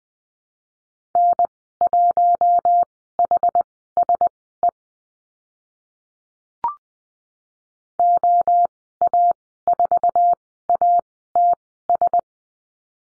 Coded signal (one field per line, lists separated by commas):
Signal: Morse code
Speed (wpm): 20 wpm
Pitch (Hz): 700 Hz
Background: none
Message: N1HSE OA4ATS